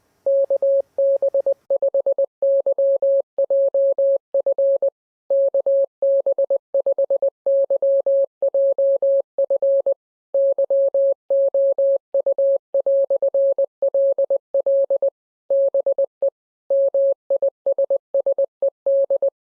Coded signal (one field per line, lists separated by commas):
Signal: Morse code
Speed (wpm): 20 wpm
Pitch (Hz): 550 Hz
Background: none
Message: KB5YJF KB5YJF YOU"LL BE MISSED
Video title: #HamRadio Live! 251 Tribute To Ameritron Manager Mike Enis + MFJ Out Of Huntsville. Contest’s & More